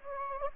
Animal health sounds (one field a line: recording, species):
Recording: mosquito wingbeat signal from an infrared sensor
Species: Anopheles gambiae